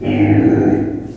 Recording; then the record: squeal of a Yucatan mini pig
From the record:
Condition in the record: before surgery on the right vocal fold (resection and tissue-engineered implant); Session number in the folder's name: 3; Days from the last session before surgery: 0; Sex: female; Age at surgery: 19 weeks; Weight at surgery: 25 kg